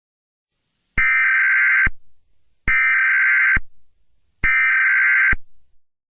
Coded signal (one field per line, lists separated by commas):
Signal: Emergency Alert System (SAME) tones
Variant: header bursts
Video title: EAS scenario 2: whitty’s explosion